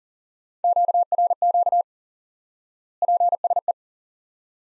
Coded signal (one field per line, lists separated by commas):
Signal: Morse code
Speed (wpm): 40 wpm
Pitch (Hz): 700 Hz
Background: none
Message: QRQ PSE